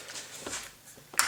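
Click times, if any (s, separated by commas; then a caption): 1.2 s. A flip-up protective lens cover on a rifle sight mount is closed and snaps into its locked position with a sharp, bright click at 1.2 s. Quieter handling rustles come before it. The cover is seated and locked in place.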